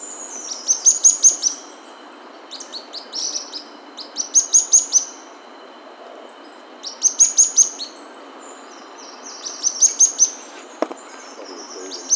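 Bird giving clusters of high, thin chirps every two to three seconds, with softer notes in between and a brief click near the end.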